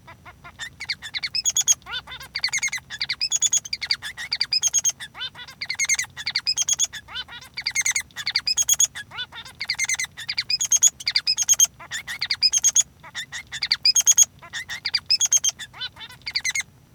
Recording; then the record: song of a male Bengalese finch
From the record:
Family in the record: son of father 3